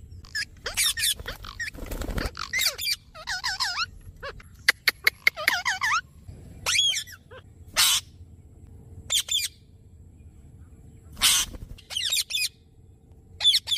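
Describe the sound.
Bird calls: a busy mix of harsh squawks, wavering nasal notes and sharp clicks, repeated irregularly over a low background rumble.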